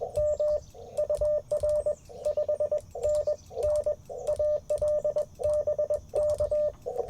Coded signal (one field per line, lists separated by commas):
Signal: Morse code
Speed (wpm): 21 wpm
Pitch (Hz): 600 Hz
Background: none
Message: M UR 5NN AL BK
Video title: Morning Morse Code - 09/17/2024